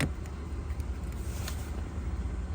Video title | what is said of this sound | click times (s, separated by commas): Honda Civic Parking / Emergency Brake Replacement. | just like that, and then this piece just clicks into place. | 0.0 s